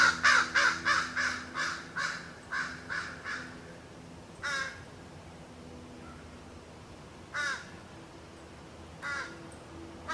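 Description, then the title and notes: Crow giving a quick burst of harsh caws, then three single caws spaced out, with a low steady hum behind. Crows in Notre-Dame-des-Neiges Cemetery, 24 July 2008. "Cimitiere de Notre-Dame-des-Neiges, 24.07.08. Crows in the cemetry"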